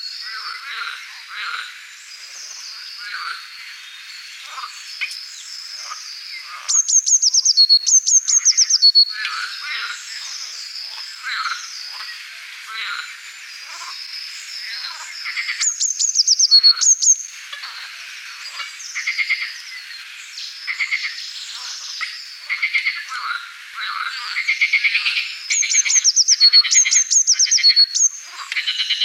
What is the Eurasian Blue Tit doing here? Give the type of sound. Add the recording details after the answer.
song. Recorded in the wild. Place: Damtschik/Wolgadelta, RU. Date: 1995-05-14. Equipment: Dat-Recorder Casio DA 7, Telinga DAT, Telinga-Parabolspiegel. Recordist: Schwarz, Dieter